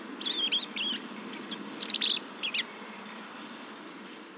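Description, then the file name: Common blackbird calls: a few short bursts of sharp, high chattering notes over low background noise. "Turdus merula"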